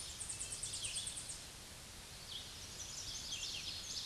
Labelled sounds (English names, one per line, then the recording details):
Chestnut-sided Warbler song
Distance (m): 25 m
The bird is about 5 m above the microphone
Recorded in a Pennsylvania forest on 16 May 2024 at 06:44
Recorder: AudioMoth, point MSD-2429
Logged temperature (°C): 16.7 °C
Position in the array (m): 102 m, 99 m